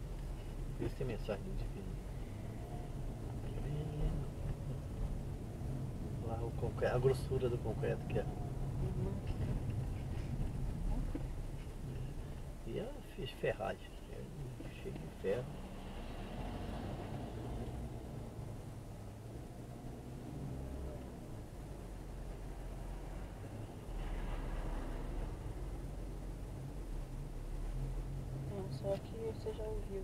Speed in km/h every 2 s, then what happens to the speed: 13, 17, 18, 19, 18, 10, 2, 4, 10, 14, 15, 14, 13, 12, 13.
0-7 speeds up to 19. 7-12 slows to 2. 12-17 pulls away to 14. 17-30 steady at about 13.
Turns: none.